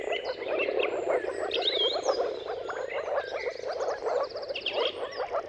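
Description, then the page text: Moor frogs producing a rolling chorus of gentle, bubbling calls from many animals, with birds whistling and trilling throughout. Many moor frogs giving mating calls in a dawn chorus at sunrise, at the turn of March and April, timing depending on weather. "Jakub-Orzecki moor frogs. Dawn’s Chorus: Mating Calls of Marsh Frogs at Sunrise. Depending on the weather at the turn of March and April, you can witness an amazing spectacle of moor frogs"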